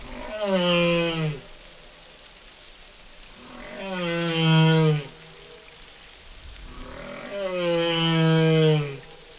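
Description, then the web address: Whale song: three long, low moaning calls with strong overtones, repeated roughly every three to four seconds. "ballenas y orcas cantos canto ballena"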